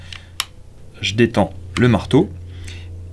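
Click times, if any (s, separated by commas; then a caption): 0.4 s. With the hammer cocked on a Colt 1911 A1 ANTIK Umarex 9mm PAK blank-firing pistol, the metal thumb safety lever on the frame is pushed into place. A single sharp metallic click at 0.4 s marks it engaging with no problem, and someone then talks over a low steady hum.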